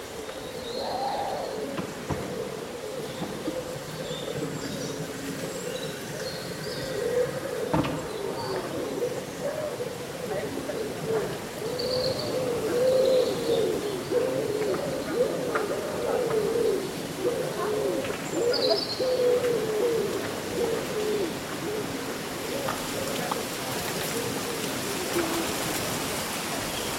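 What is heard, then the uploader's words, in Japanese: On a breezy summer day, leaves rustle steadily through the whole scene, the sound swelling slightly after the midpoint. Low cooing calls, like a dove, repeat near the middle of the background, while brief, high bird chirps appear now and then. そよ風の吹く夏の日、ざわめく葉と鳥のさえずり。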